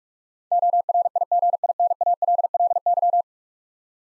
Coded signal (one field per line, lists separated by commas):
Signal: Morse code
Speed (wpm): 46 wpm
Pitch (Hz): 700 Hz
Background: none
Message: ORIGINALLY